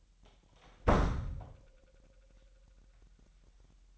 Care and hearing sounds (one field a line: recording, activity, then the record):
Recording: daily activity, microphone in the room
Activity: close door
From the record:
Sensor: 3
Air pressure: 998.4 hPa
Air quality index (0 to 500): 140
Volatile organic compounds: 4 ppm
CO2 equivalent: 1680 ppm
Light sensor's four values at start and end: 16/47/19/18 and 16/47/19/18